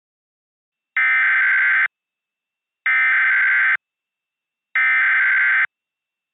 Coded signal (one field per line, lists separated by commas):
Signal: Emergency Alert System (SAME) tones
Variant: header bursts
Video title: Tornadic Train Wreck | EAS Mock #26